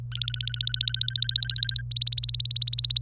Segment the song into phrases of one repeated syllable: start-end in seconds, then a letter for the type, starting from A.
0.12-1.82 A, 1.91-3.00 B